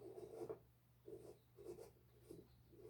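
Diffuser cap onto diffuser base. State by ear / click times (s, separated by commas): not seated / none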